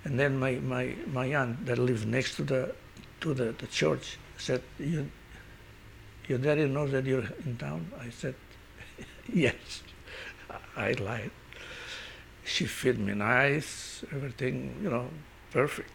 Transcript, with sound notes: And then my aunt that lived next to the, to the church, said, "Your daddy knows that you're in town?" I said, "Yes." ( he laughs ) I lied. She feed me nice, everything, you know, perfect.